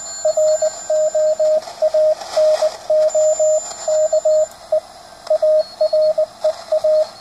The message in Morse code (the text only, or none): ROANOKE AREA